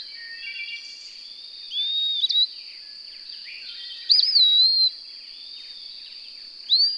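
Bird singing three whistled phrases, a soft one then a loud looping slur and a rising note, over a constant high hum.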